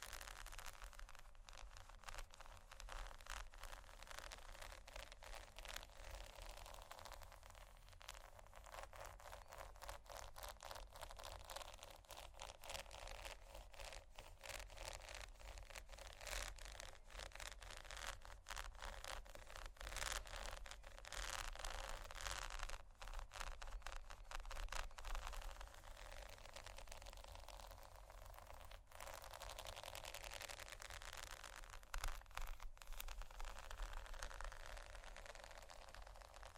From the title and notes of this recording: ASMR Scratching & Tapping On Pearls（No Talking）.